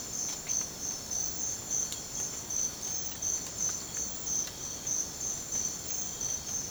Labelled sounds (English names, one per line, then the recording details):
none
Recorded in secondary vegetation near Puerto Asís, Putumayo, Colombia, on 30 June 2025 at 05:00
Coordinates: 0.500, -76.326
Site GP08